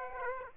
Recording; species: mosquito wingbeat signal from an infrared sensor; Aedes aegypti